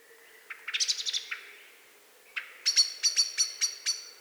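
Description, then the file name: Eurasian blackbird giving sharp clicking chink calls, a rapid burst of notes, a pause, then another quick series of bright, metallic ticks. "Turdus merula"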